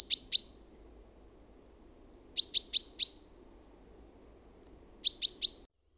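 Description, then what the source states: Common chaffinch giving short, sharp high notes in quick clusters of two to four, with pauses of about two seconds between clusters; otherwise quiet. Recorded in Finland.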